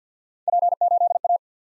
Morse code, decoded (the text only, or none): P8A